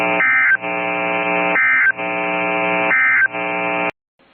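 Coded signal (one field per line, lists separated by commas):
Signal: Emergency Alert System (SAME) tones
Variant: end-of-message bursts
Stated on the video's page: Real EAS alerts received during a derecho in Siouxland.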